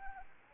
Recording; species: mosquito wingbeat signal from an infrared sensor; Anopheles arabiensis